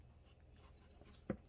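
A Ruger 22 Charger's barreled action is fitted back into its stock during reassembly after cleaning. Faint low background noise gives way to a single sharp knock at 1.3 s as the action seats, leaving it fully seated in the stock.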